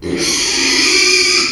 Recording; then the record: squeal of a Yucatan mini pig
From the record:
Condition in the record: after surgery on the right vocal fold (resection and tissue-engineered implant); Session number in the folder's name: 2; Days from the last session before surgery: 13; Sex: male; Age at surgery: 12 weeks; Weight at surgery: 13 kg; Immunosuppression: cyclosporine, prednisolone